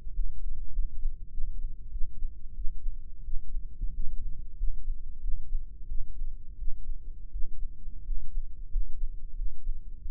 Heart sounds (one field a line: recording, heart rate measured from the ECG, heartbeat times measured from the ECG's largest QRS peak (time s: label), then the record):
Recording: heart sounds by microphone in the right ear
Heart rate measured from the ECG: 91 bpm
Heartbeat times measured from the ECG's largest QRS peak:
0.11 s: heartbeat
0.70 s: heartbeat
1.29 s: heartbeat
1.90 s: heartbeat
2.54 s: heartbeat
3.22 s: heartbeat
3.91 s: heartbeat
4.55 s: heartbeat
5.19 s: heartbeat
5.86 s: heartbeat
6.56 s: heartbeat
7.30 s: heartbeat
8.02 s: heartbeat
8.68 s: heartbeat
9.33 s: heartbeat
10.00 s: heartbeat
From the record:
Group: healthy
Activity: rest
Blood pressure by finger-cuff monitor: 118/87 mmHg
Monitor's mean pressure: 97 mmHg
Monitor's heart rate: 91 bpm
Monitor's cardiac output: 6.2 L/min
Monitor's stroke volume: 68 mL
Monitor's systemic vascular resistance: 1140 dyn s/cm5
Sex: male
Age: 21 years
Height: 180 cm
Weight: 67.5 kg